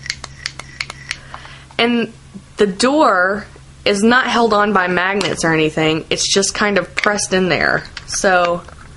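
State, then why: Not seated. The press-fit battery door of a 3.7v/6v MONKEYBOXX box-style e-cigarette mod, held only by friction with no magnets, is handled as it is about to be pushed into place. A quick series of sharp, short ticks comes in the first second, then someone talks. The door has not snapped in yet; nothing has seated by the end of the clip.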